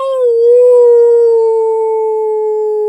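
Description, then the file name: Wolf howl: a single long, smooth, steady tone held for three seconds with a slight dip early, clean and without other sounds. "wolf 2 howllong"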